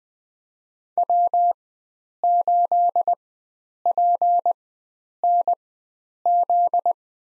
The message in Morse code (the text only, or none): W8PNZ